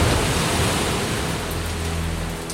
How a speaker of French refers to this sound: De grosses gouttes de pluie tambourinent sur le toit de l'arche. Les rivières débordent, la mer envahit la terre.